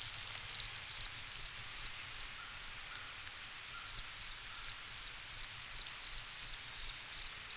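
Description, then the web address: Crickets chirping in quick, repeated pulsed bursts over a steady shrill high trill. Ambient nature recording. "Dr Sound Effects. Crickets and Frogs In the Distance"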